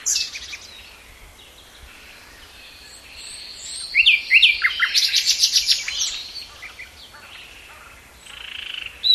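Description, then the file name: Common nightingale singing, soft varied notes at first, then a loud rapid series of repeated sharp notes midway, fading into quieter warbling. "Luscinia megarhynchos"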